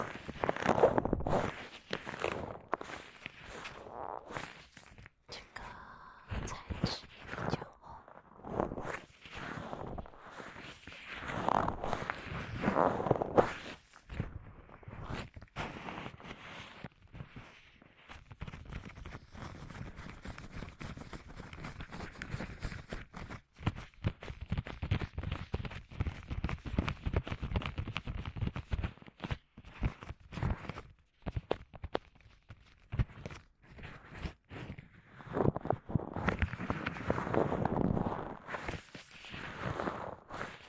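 Gloved hands rub and squeeze right against the microphone, giving a close, muffled scratching and crinkling that swells and fades in uneven strokes. The rubbing is dense and continuous, with brief near-silent gaps around 14 and 30 seconds and fuller, brighter passes toward the end.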